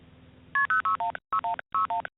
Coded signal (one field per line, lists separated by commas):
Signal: multi-frequency trunk signalling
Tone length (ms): 170 ms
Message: KP0616161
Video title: 15 Min Vintage Telephony Audio. Raw Progress Tones, Mechanical Relay Clicks & Legacy Carrier Bleed